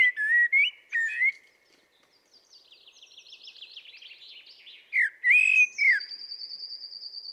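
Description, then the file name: Common blackbird song: fluted whistles, then a long stretch of faint high twittering, more rich warbling, and a sustained thin high whistle at the end. "Turdus merula"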